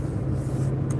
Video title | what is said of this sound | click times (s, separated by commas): Each Day with Dean is live! 11/01 Push to #Doordash platinum | you guys just don't you you guys just don't see it click. It clicks in right here. | 0.9 s